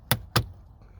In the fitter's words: here clicking now i'm going to put my finger in here and here all right